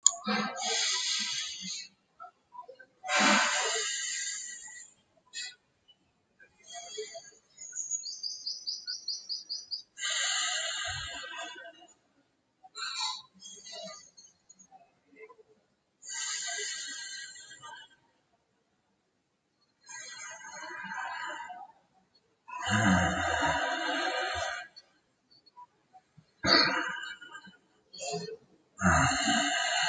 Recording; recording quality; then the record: deep breathing; excellent, no background noise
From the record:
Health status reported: healthy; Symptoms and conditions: none ticked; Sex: male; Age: 27 years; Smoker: yes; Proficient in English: yes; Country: India